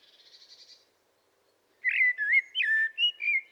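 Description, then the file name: Common blackbird song: a faint high buzzy trill, a pause, then a low mellow fluted phrase of several warbled whistles. "Turdus merula"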